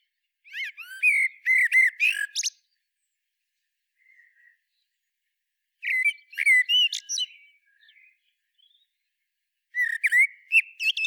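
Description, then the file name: Common blackbird singing three separate phrases, each a low whistle running into jumbled high twittering, with quiet pauses between. "Turdus merula"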